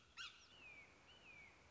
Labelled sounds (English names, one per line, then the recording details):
Red-shouldered Hawk
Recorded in Sonoma County, California